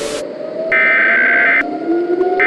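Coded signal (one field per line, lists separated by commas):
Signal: Emergency Alert System (SAME) tones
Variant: header bursts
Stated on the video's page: Simulated EAS scenario, not a real alert.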